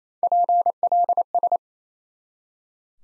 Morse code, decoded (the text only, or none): PLS